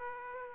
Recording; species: mosquito wingbeat signal from an infrared sensor; Aedes aegypti